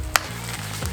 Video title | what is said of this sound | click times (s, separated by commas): The NEMO TENSOR Sleeping Pad Un-Boxing & REVIEW! Is it worth it?? | here you'll kind of feel it click in you got it a little force but not too much so | 0.2 s